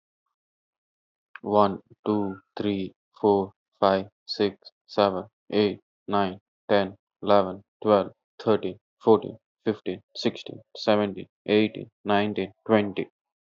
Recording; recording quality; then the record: counting at a normal pace; excellent, no background noise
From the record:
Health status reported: healthy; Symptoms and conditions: none ticked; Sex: male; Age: 25 years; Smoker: yes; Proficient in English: yes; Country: India